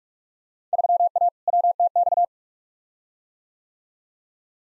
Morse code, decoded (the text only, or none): 3A WTX